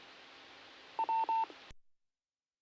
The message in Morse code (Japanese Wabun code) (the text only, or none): none